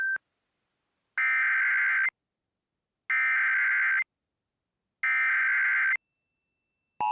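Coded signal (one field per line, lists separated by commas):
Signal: Emergency Alert System (SAME) tones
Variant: header bursts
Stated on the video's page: Boil Water Advisory sent as a Civil Emergency Message; valid EAS tones.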